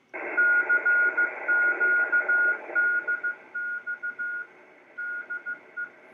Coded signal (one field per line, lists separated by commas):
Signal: Morse code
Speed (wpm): 15 wpm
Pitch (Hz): 1440 Hz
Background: radio noise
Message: CQDX DE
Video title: Live Demo of SDR Software Defined Radio receiving SSB and AM radio stations ham amateur radio